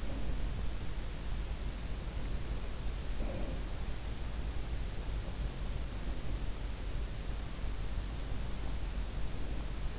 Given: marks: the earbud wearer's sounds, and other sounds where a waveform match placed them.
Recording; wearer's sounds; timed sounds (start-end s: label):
sounds in sleep by an in-ear microphone; breath
0.00-0.54 s: breath
3.20-3.76 s: breath